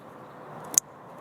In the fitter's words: the 8 pin to the 8 pin till you hear it snap.